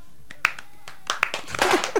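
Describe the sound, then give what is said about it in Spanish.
A few scattered hand claps that build into a brief, denser patter of applause toward the end, partly overlapped by a voice; applause called for the film critic after a film review column. “Un aplauso para la crítica de cine, por favor.”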